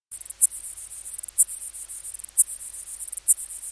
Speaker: This is the song of the lesser water boatman.